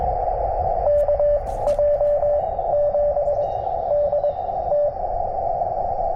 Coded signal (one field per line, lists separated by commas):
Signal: Morse code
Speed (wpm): 24 wpm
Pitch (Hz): 590 Hz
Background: radio noise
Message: KJ7DT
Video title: 100w with good band conditions makes POTA a piece of cake!